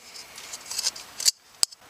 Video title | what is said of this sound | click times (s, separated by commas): Powerstroke Oil Change! (Secret to Longevity) | in your new filter element like this you'll hear it pop before you go and tighten this | 1.6 s